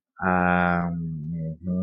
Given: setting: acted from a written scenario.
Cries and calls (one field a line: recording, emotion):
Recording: vocal sound without words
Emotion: romantic love